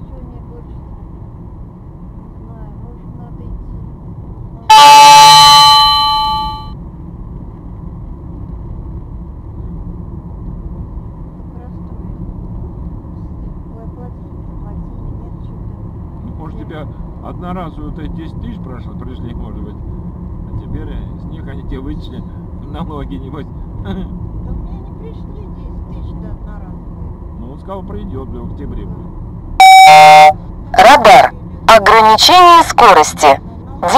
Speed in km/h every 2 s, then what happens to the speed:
48, 49, 50, 52, 53, 54, 55, 57, 58, 59, 58, 58, 58, 60, 59, 62, 63.
0-13 speeds up to 57. 13-34 steady at about 58.